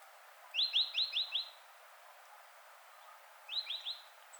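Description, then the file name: Great tit calls: a fast run of five ringing, slightly rising notes, then after a two-second pause a shorter burst of three similar notes. "Parus major"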